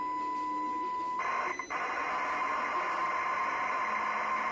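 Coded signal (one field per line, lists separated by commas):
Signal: ZX Spectrum tape loading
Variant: custom loader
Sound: a clean steady tone for about a second, then a harsh buzzing tone with overtones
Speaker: but then listen to the tone of the head itself it changes but it doesn't just change the the head tone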